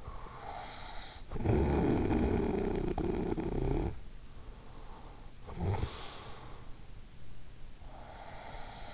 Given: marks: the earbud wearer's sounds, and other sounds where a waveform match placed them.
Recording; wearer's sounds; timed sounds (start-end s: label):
sounds in sleep by an in-ear microphone; snoring breath
0.30-4.01 s: snoring breath
5.35-8.94 s: snoring breath